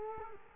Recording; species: mosquito wingbeat signal from an infrared sensor; Culex quinquefasciatus